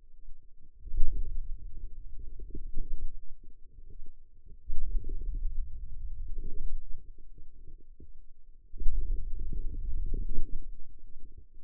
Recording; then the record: forearm muscle sounds (acoustic myography)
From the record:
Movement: hand opening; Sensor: system 2, bracelet of six BSWA MPA416 microphones around the upper forearm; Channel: 5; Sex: female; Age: 21 years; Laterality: right